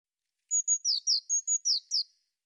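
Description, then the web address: Eurasian blue tit calls, high thin notes paired with down-slurred chips in a quick alternating series of about eight elements, no other sounds. "cianscape birddata Deverinetal 2025 File cleaned normalized Bird Cy Ca"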